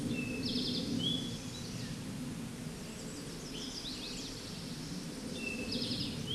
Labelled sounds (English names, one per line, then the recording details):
Eastern Towhee song
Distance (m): 30 m
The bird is about 15 m above the microphone
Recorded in a Pennsylvania forest on 16 May 2024 at 08:59
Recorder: AudioMoth, point MSD-1849
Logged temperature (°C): 12.1 °C
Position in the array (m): 54 m, 24 m